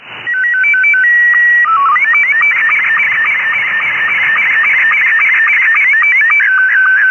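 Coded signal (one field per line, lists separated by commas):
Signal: SSTV (slow-scan television)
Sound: warbling, stepping whistle tones and rising sweeps, then a steady tone with regular short dips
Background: radio static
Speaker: So there we go, there's some examples of receiving SSTV on the 20 meter ham band.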